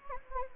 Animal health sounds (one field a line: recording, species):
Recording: mosquito wingbeat signal from an infrared sensor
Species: Anopheles gambiae